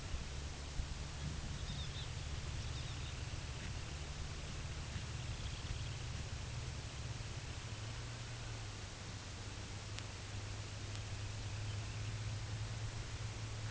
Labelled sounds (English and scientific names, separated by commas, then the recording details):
unidentified sound, Semipalmated Sandpiper (Calidris pusilla)
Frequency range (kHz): Semipalmated Sandpiper (Calidris pusilla) 1.9-3.7 kHz
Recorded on Arctic tundra, site UTQI-8, on 11 June 2019
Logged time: 06:00